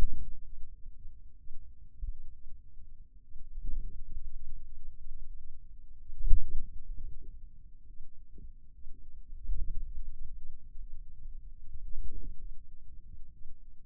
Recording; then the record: forearm muscle sounds (acoustic myography)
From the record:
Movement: wrist extension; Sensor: system 2, bracelet of six BSWA MPA416 microphones around the upper forearm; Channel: 5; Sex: male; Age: 22 years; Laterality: right